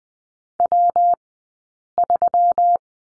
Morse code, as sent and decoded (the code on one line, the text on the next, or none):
.-- ...--
W3